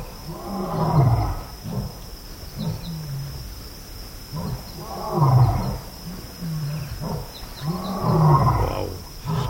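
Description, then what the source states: Lion roaring, a series of low, throaty grunts over a constant high-pitched insect drone. Wild lions roaring at night near a waterhole in Kenya.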